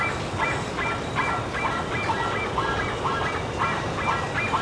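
Bird calls: evenly spaced nasal honks about twice a second, with broad background hiss.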